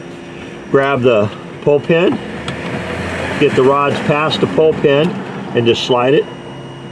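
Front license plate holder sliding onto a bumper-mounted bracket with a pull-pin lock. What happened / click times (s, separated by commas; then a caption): The holder is being slid on but has not latched yet / none. Someone talks while the front license plate holder for a 2025-2026 BMW X3 M-sport is slid onto the bumper-mounted bracket rods, past the spring pull pin, with a steady hum underneath and a brief sharp sound near 2.5 s. The holder has not seated yet, and the pull pin has not clicked or locked into place.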